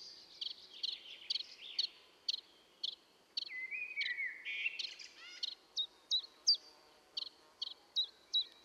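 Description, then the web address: Common chiffchaff repeating short two-toned notes, at first mixed with another bird's rapid chattering and slurred whistles, then clearer, spaced chiff-chaff notes over faint background hiss. Recorded at Valsolda. "cibra valsolda. Lui piccolo"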